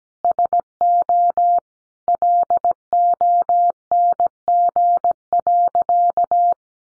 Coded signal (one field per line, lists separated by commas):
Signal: Morse code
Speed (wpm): 17 wpm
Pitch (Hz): 700 Hz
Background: none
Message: SO LONG.